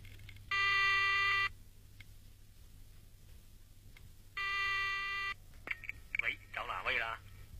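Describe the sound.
A telephone rings twice, each ring a steady, buzzy electronic tone lasting about a second with a long silent gap between, and then a voice begins speaking.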